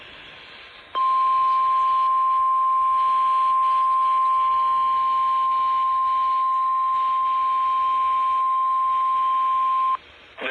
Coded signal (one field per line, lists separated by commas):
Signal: Emergency Alert System (SAME) tones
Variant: 1050 Hz attention tone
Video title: TORNADO WATCH #187 || EAS 149